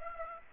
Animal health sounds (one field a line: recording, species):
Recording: mosquito wingbeat signal from an infrared sensor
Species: Aedes aegypti